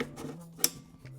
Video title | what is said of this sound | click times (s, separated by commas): THIS feature on the new Flashpoint BFP Optical Spot puts it above the rest! | Ooh, nice click. | 0.6 s